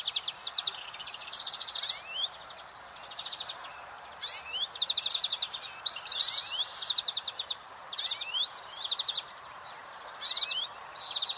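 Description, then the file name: European greenfinch: bursts of fast, high pulsed trills alternating with short rising notes, over a steady background hiss. "Chloris chloris"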